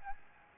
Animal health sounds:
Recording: mosquito wingbeat signal from an infrared sensor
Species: Aedes albopictus

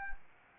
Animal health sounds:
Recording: mosquito wingbeat signal from an infrared sensor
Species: Anopheles arabiensis

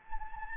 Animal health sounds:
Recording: mosquito wingbeat signal from an infrared sensor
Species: Anopheles gambiae

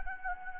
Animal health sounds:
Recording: mosquito wingbeat signal from an infrared sensor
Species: Anopheles gambiae

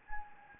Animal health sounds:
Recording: mosquito wingbeat signal from an infrared sensor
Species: Anopheles gambiae

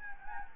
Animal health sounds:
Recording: mosquito wingbeat signal from an infrared sensor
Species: Anopheles gambiae

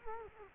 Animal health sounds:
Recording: mosquito wingbeat signal from an infrared sensor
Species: Culex quinquefasciatus

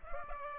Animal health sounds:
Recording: mosquito wingbeat signal from an infrared sensor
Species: Culex pipiens

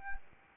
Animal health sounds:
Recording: mosquito wingbeat signal from an infrared sensor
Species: Anopheles arabiensis

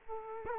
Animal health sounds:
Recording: mosquito wingbeat signal from an infrared sensor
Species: Culex quinquefasciatus

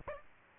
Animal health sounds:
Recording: mosquito wingbeat signal from an infrared sensor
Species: Aedes albopictus

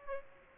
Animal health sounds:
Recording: mosquito wingbeat signal from an infrared sensor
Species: Aedes aegypti

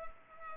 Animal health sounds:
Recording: mosquito wingbeat signal from an infrared sensor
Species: Culex pipiens

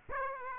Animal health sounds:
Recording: mosquito wingbeat signal from an infrared sensor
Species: Aedes aegypti

